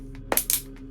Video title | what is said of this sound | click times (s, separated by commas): Diplodocus! Review and Unboxing | Yeah, this should definitely snap right in right there. Yeah, there we go. | 0.3 s